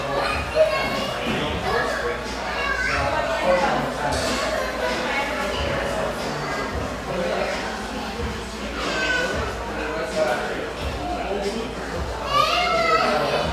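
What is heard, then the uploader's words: A sunlit coffeehouse in Laguna Beach carries a steady murmur of overlapping voices, several conversations blending at an even level throughout. Occasional sharp clinks and clatters of dishes cut through, notably near the start, around three seconds, and again near the end. Laguna Beach, California. The coffee rush fades to a mid-morning lull in this sunlight coffeehouse, tucked behind a bakery near this coastal California paradise.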